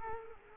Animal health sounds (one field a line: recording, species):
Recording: mosquito wingbeat signal from an infrared sensor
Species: Culex quinquefasciatus